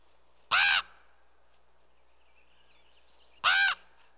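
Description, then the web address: Common raven with two short, rasping croaks about three seconds apart; a faint thin bird call is heard in the gap. Other birds calling in the background. "bird raven common calls other birds in bg"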